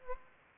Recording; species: mosquito wingbeat signal from an infrared sensor; Aedes aegypti